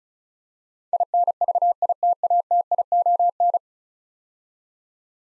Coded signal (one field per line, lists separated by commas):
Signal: Morse code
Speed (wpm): 36 wpm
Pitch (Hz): 700 Hz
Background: none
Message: INVITATION